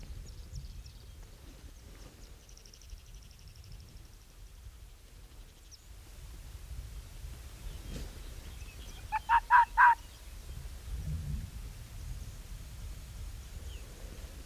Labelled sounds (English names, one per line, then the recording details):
Arctic Fox
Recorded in the wild
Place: Insel Mednyi, Kommandeur-Inseln, RU
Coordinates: 54.5167, 168.083
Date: 1999-07-06
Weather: kein Nebel, 5°C, schwacher Wind
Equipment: Sony WM-D6C, Sennheiser MKH 70, Windkorb, Kopie Sony TCD-D8
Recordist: Frommolt, Karl-Heinz
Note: Südosten der Halbinsel, Nähe Weggabelung Robben/Fuchsbau: eine Bellstrophe eines Polarfuchses (Alopex lagopus) aus Region der alten Höhle. Entfernung 200 - 300 m. Tier nicht gesehen